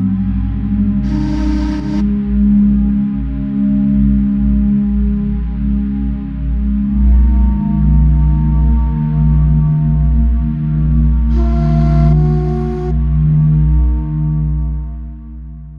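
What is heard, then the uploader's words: Binaural beats and isochronic tones form a dense bed of steady low droning tones, with pitches that shift and swell slowly throughout. Brighter bowl-like rings flare up near the start and again around twelve seconds, and the sound eases off at the very end. Binaural Beats & Isochronic Tones.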